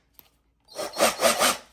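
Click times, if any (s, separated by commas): 0.2 s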